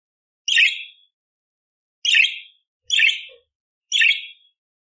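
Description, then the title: Budgerigar uttering single rasping chirps, four short harsh notes spaced roughly one to one and a half seconds apart. Loud, clear chirping (gacor jernih) with rough 'tembakan kasar' fill phrases, used as masteran to train magpie robins (kacer). "Masteran Burung Parkit Gacor Jernih Full Isian Tembakan Kasar Cocok Buat Kacer"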